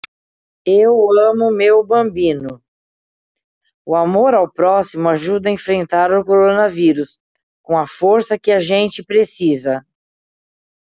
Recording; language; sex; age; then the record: spoken sentence; Brazilian Portuguese; female; 50 to 59 years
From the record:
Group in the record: control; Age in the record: 59 years